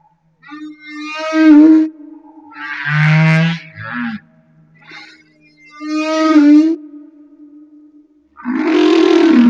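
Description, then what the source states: Humpback whale song: long harmonic moaning units with a faint steady tone between them, repeated several times. Humpback whale off Madagascar.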